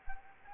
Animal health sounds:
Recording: mosquito wingbeat signal from an infrared sensor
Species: Anopheles arabiensis

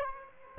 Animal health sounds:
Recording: mosquito wingbeat signal from an infrared sensor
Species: Aedes aegypti

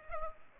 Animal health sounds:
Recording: mosquito wingbeat signal from an infrared sensor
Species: Culex pipiens

